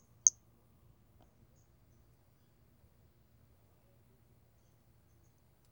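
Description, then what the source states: Pumpkin toadlet producing one sharp, high chirp at the very beginning, followed by stillness and a soft low hum. 4 February 2016.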